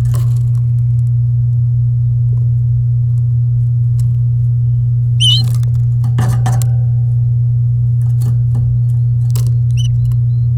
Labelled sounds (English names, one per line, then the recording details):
Domestic Canary song
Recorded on 10 May 2018 at 10:00
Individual llb16